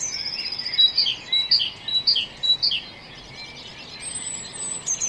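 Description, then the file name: Great tit giving four or five clear two-note phrases in steady rhythm, followed by thin, high whistles. "Parus major"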